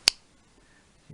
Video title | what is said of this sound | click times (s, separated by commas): ZPs Strang connection | still got a nice click to it, and so is this. | 0.1 s